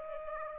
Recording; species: mosquito wingbeat signal from an infrared sensor; Aedes aegypti